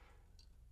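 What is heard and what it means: Someone presses down the small latch on the battery compartment door of an RIx Leap L6 thermal rifle scope, and the door releases. A short, faint tick is heard at 0.4 s over a low background hum, and the latch clicks open.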